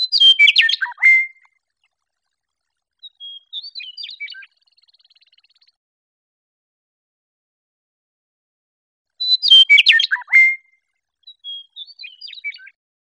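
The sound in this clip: Western meadowlark singing loud, flute-like phrases that tumble downward, each about a second long. Softer warbled phrases follow, and the pattern repeats after a pause.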